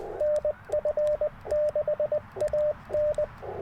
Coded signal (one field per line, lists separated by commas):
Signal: Morse code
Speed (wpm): 20 wpm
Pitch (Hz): 590 Hz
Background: radio noise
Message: NF6AN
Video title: New Way I Pack POTA Gear for Activations - 12/16/23 @ K-4451